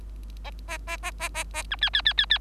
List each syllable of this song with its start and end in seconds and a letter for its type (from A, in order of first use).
0.68-0.78 A, 0.87-0.97 A, 1.02-1.11 A, 1.19-1.29 A, 1.34-1.44 A, 1.53-1.63 A, 1.70-1.76 B, 1.81-1.90 C, 1.93-2.02 C, 2.05-2.13 C, 2.17-2.26 C, 2.30-2.38 C